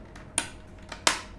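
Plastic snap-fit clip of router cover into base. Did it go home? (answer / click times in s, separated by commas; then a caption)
yes / 0.4 s, 1.1 s. The plastic top cover of a Cisco Linksys E900 wireless router is pressed back onto its base, and its snap-fit clips click into place with two sharp clicks at 0.4 s and 1.1 s, each preceded by a fainter tick. The case clips are seated and the cover is snapped shut.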